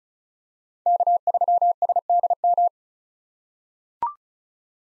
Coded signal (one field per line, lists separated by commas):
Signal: Morse code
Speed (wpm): 34 wpm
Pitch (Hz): 700 Hz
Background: none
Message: K3SDM